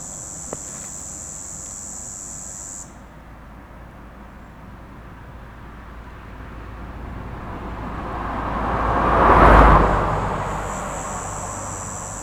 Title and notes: 5160 Rte d'Aix, 73310 Chindrieux, France - cigales dans les platanes. Dans la côte de Groisin quelques cigales se manifestent dans les platanes, au milieu de la circulation routière